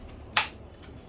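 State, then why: Seated. A rechargeable battery pack is pushed into the slot of a handheld inkjet batch-coding printer. A single sharp click at 0.4 s shows it has locked into place. There is a faint background hum and no other sound.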